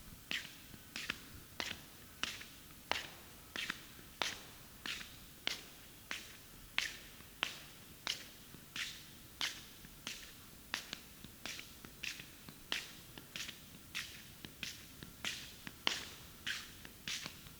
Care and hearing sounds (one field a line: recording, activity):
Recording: daily activity, guitar pickup as the sensor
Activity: walk